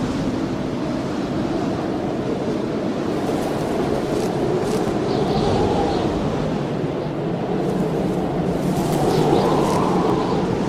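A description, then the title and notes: A heavy blizzard wind roars without pause, a dense, steady rush concentrated in the low and middle range. Slight swells in strength come and go, with brief brighter hissing gusts around the fourth to sixth seconds and again near the ninth. Howling Blizzard Sounds | Heavy Wind & Snow.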